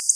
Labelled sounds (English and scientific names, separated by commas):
Black-throated Blue Warbler (Setophaga caerulescens) flight call